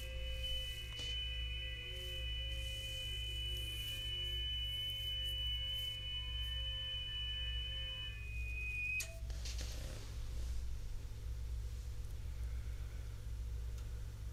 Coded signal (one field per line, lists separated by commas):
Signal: FT8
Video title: 30 METER MAGNETIC LOOP (HOMEBREW)!